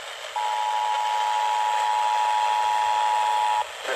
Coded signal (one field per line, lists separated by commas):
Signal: Emergency Alert System (SAME) tones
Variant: 853 and 960 Hz attention tone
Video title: EAS Alerts From 6/9/25: A Compilation (EAS 734-742)